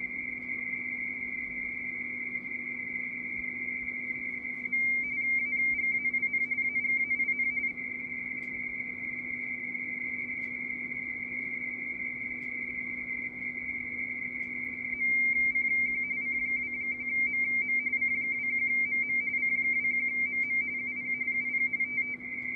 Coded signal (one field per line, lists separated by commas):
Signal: RTTY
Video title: C21MM 20m RTTY